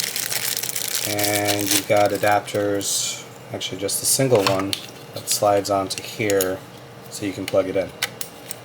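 A single interchangeable plastic plug adapter is handled at the wall power supply (wall wart) of a GL.iNet Slate AX Wi-Fi 6 travel router while someone talks. Crinkling and light rattling handling sounds are heard, with a few sharp ticks near the start and at 8.2 and 8.5 seconds. Nothing has seated or clicked into place yet by the end of the clip.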